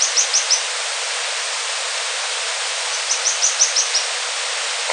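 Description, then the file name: Bird uttering rapid strings of high, clipped chirps, four notes at the start, then six slightly descending ones, with continuous hiss behind. "SABIOD 50 bird 2015"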